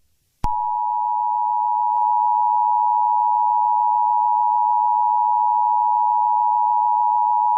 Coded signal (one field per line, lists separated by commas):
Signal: Emergency Alert System (SAME) tones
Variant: 853 and 960 Hz attention tone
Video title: EAS Scenario #8: SCP- 096 (The Shy Guy)